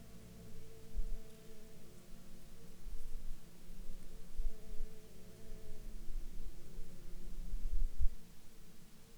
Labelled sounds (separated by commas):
insects